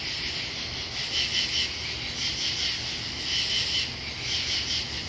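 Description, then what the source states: Katydids calling with quick three-pulse rasps, groups recurring at short intervals over a steady high insect chorus and faint low noise. Pennsylvania.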